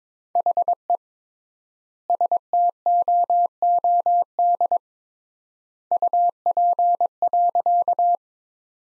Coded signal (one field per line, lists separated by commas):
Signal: Morse code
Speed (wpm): 22 wpm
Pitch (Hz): 700 Hz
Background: none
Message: HE STOOD UP.